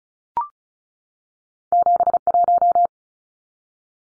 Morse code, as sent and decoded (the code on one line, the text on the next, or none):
--... .----
71